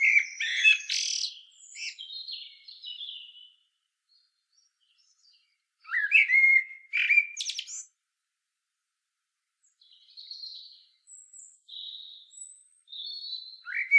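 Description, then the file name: Common blackbird singing mellow, fluted phrases that break into high, scratchy twittering. Softer high squeaks follow after a pause. "Turdus merula"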